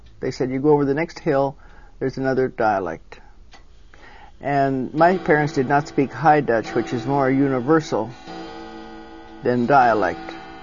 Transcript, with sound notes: They said you go over the next Hille, there's another dialect. And, my parents (clock chimes) did not speak high Dutch, which is more universal - than dialect.